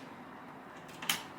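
A 24-pin ATX cable is pushed into the connector on a Corsair SF600 power supply until it latches. After quiet low background noise, a soft scrape at 1.0 s is followed by a sharp, bright click at 1.1 s. The connector is seated.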